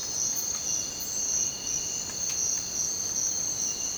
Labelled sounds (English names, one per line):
none